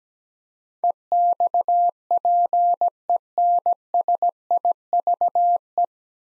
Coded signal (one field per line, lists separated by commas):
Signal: Morse code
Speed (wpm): 17 wpm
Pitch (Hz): 700 Hz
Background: none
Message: EXPENSIVE